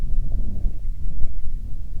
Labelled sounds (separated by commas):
wind